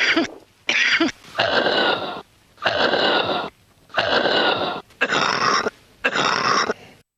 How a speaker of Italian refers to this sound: Adesso andiamo a sentire invece l'altra tosse, la tosse grassa.